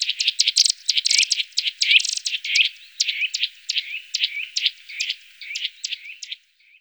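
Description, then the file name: Eurasian nuthatch calls: a busy stream of sharp, high chirps mixed with short rising whistled notes, delivered in quick bursts. "Kleiber"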